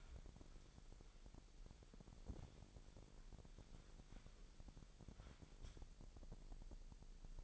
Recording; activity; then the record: daily activity, microphone in the room; wipe stove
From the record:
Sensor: 5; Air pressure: 1001.1 hPa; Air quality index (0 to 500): 248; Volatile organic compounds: 35 ppm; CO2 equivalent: 3063 ppm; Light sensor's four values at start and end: 30/68/28/27 and 31/70/29/28